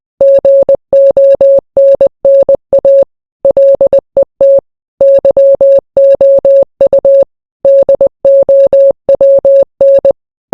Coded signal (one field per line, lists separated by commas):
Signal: Morse code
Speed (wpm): 20 wpm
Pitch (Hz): 550 Hz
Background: none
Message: GONNA LET YOU DOWN